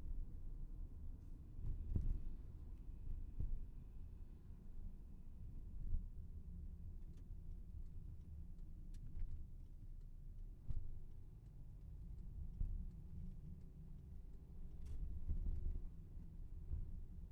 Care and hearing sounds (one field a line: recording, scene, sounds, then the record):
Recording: everyday scene through a hearing-aid microphone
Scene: in a vehicle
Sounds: engine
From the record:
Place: VW T5 Caravelle, diesel engine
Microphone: behind the ear, left, front